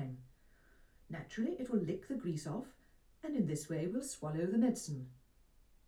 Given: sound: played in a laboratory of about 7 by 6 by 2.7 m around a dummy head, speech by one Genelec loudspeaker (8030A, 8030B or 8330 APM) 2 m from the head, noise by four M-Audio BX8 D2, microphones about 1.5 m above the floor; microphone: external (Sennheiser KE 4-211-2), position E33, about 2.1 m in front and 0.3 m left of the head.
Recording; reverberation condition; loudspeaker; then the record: female speech in English; low; 120 degrees to the right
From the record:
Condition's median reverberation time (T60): about 310 ms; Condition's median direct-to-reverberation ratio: about 3.5 dB